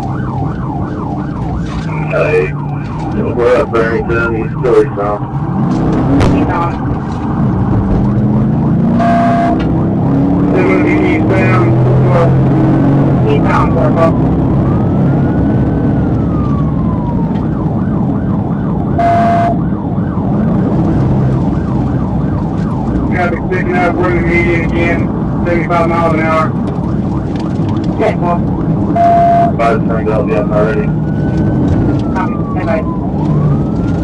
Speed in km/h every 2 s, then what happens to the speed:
84, 53, 45, 69, 81, 101, 119, 127, 119, 118, 121, 118, 118, 118, 111, 101, 103.
0-4 brakes to 45. 4-15 speeds up to 127. 15-17 brakes to 118. 17-27 steady at about 118. 27-29 brakes to 101.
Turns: none.